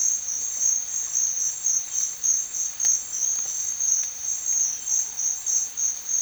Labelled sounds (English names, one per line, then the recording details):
none
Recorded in secondary vegetation near Puerto Asís, Putumayo, Colombia, on 9 March 2025 at 14:00
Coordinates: 0.499, -76.323
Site G094